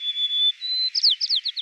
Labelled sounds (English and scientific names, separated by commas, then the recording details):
White-crowned Sparrow (Zonotrichia leucophrys) song
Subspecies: nuttalli
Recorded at Battery East, California, in 2013
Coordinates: 37.807, -122.472
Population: north
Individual beA_13